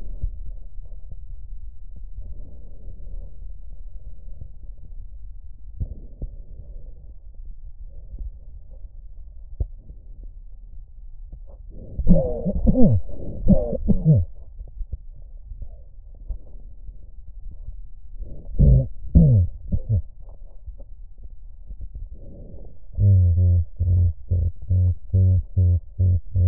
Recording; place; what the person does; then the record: lung sounds by stethoscope; left posterior basal chest; quiet breathing, then cough and speech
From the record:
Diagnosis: none (healthy); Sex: male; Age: 34 years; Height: 174 cm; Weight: 93 kg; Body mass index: 30.7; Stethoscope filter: extended mode